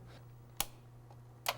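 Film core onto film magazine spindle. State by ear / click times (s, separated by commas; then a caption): seated / 0.6 s, 1.5 s. A film roll core is pushed onto the spindle of a film magazine. Two sharp clicks sound at 0.6 s and 1.5 s as the core seats on the spindle, over a low steady hum, with a faint softer tick in between.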